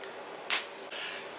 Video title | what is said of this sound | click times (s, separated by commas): Full Restoration Of A Smiths Empire 8 Day Wall Clock With Close Ups | there you go snapped in place | 0.5 s